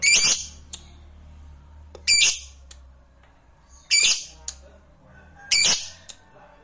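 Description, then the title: Lovebird letting out four loud, shrill rasping screeches about every two seconds, with a low hum underneath. "Suara Lovebird Ini"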